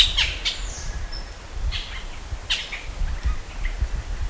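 Bird calls: scattered short high chirps and a brief thin whistle, spaced irregularly, over a low rumbling background.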